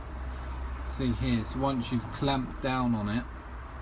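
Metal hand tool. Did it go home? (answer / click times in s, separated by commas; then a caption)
no / none. A small locking clamp tool is being handled on the exposed stub of a broken key in a lock, its jaws closing onto the stub so the locking mechanism will hold it without being squeezed. Someone talks over a steady low hum throughout. Nothing has clicked or locked in place yet, and the key has not been pulled out.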